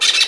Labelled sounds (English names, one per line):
Brown-throated Parakeet contact call